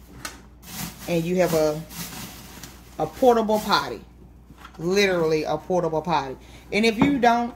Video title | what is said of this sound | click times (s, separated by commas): Easy DIY Portable Toilet plus Solar Shower | just sits right right on your snap sound and | 0.2 s